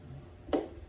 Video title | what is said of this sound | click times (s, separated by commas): ep.3: saving Xiomara the little push lawn mower. Here I show the problem with new carb cartridges. | It clicks into place. | 0.5 s